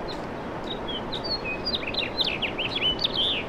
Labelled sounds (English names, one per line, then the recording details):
House Finch song
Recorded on Long Island, New York, on 18 April 2012
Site GC
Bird C